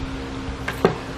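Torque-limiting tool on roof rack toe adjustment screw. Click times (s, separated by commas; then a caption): 0.7 s, 0.8 s. A torque-limiting tool tightens the toe adjustment screw on a Yakima roof rack fitted to a 2016 Honda Pilot. Two short, sharp clicks sound at 0.7 and 0.9 seconds over a steady low hum, showing the tool has reached its set torque.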